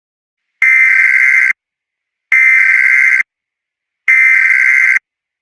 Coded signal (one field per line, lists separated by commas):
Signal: Emergency Alert System (SAME) tones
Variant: header bursts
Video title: EAS SCENARIO SPECIAL: VOODON RAMPAGE (PREVIEW)